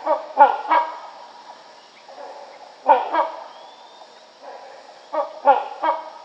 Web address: Rhinoceros Hornbill Calls